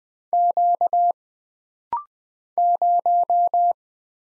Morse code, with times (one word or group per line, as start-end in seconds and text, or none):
0.3-1.1 Q
2.6-3.7 0